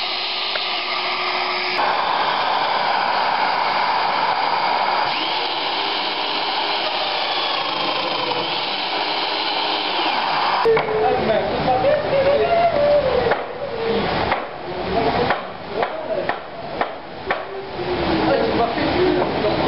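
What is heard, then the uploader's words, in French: Machining of assembly notches: a dense, steady mechanical whir fills the first ten seconds, shifting pitch slightly near the two-second mark. Around eleven seconds the sound turns rougher and choppier, with repeated brief dips and bursts as the cut progresses. Usinage des entailles d'assemblage.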